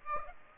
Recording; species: mosquito wingbeat signal from an infrared sensor; Aedes aegypti